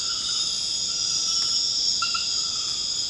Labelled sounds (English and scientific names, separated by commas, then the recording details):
none
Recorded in dense forest near Puerto Asís, Putumayo, Colombia, on 24 March 2025 at 22:30
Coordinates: 0.481, -76.323
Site G088